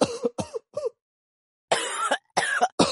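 Two groups of dry, raspy coughs separated by a short silence: three quick hacks, then three harsher, longer ones. No speech, just rough throat sounds.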